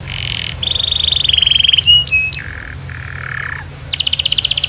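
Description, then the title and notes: Atlantic canary song of steady whistled trills and buzzy notes at mid-high pitch, broken by short pauses, over a low background hum. Canary song presented as master (tutor) song, termed 'masteran' in Indonesian, for birds to learn from. "Suara Burung Kenari Masteran. master suara burung kenari"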